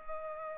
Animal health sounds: mosquito wingbeat signal from an infrared sensor; Culex pipiens

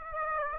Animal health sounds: mosquito wingbeat signal from an infrared sensor; Aedes aegypti

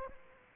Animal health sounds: mosquito wingbeat signal from an infrared sensor; Aedes aegypti

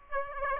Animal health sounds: mosquito wingbeat signal from an infrared sensor; Aedes aegypti

